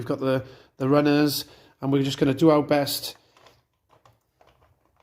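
Someone talks while the plastic cleaner head is located and lined up on the bottom of a Dyson upright vacuum cleaner, which had been blocked and not sucking. After the talking stops at about 3.1 s, only faint, quiet taps and knocks of handling follow until the end. Nothing has clicked into place yet; the head is only being lined up before it is pushed home.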